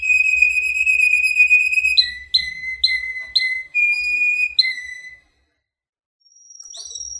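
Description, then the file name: Canary song: long pure whistled tones alternating with short whistles that drop in pitch. Russian canary. "suara kenari rusia omkicau"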